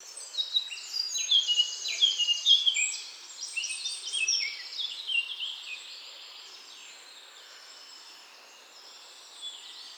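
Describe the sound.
Birds chirping: dense overlapping high twitters and trills in the first half, thinning to quieter scattered notes later.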